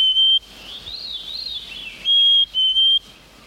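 Black-capped chickadee singing clear whistled notes, one at the start and then a two-note pair, with another bird's soft warbling phrase in between.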